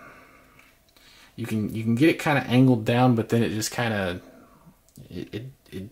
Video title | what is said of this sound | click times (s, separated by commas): Micro Galaxy - Landspeeder, Hera's X-wing, & Phantom review | it doesn't snap into like the right | none